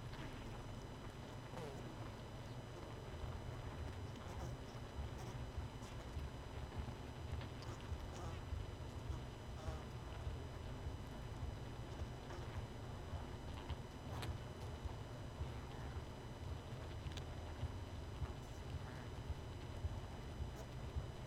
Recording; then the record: honeybee colony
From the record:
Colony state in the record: missing queen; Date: 31 May 2018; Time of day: 20:31